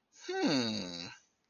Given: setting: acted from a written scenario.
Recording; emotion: vocal sound without words; interest